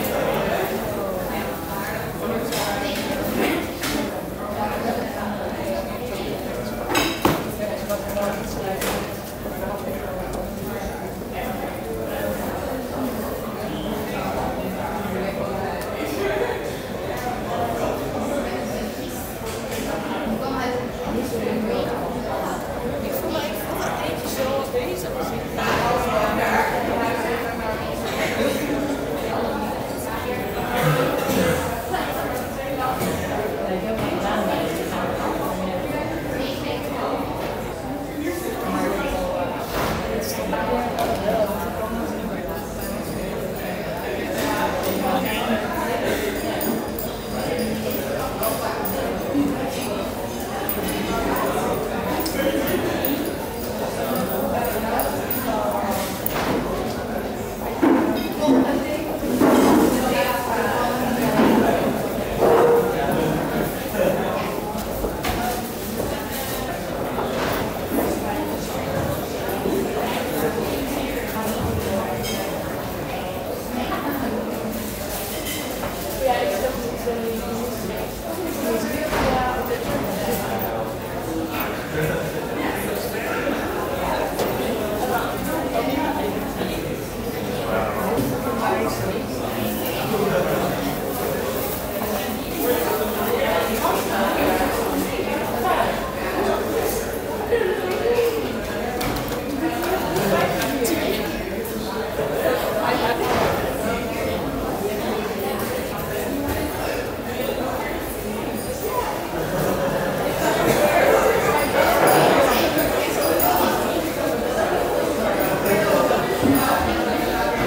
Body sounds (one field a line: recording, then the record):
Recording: background sound without coughing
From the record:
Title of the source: 40 min - Ambience sounds UNIVERSITY lunchroom chatting